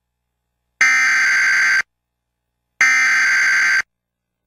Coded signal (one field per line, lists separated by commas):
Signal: Emergency Alert System (SAME) tones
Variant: header bursts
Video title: Eas Alarms:USA